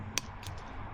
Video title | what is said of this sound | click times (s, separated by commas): Harley Davidson's Redline collection installed on my 2026 CVO ST Road Glide @harleydavidson | it just snaps right in. It's all rubber, and it just snaps right in. | 0.2 s